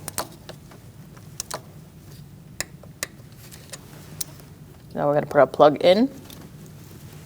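The plastic electrical plug for the ignition coil on a 2016-2019 Chevrolet Cruze 1.4L is handled, producing sharp ticks at about 0.1, 0.2, 1.4, 2.6, 3.0 and 4.2 seconds over a low background hum. Someone talks between about 5.0 and 6.1 seconds. The plug has not seated or clicked onto the coil yet.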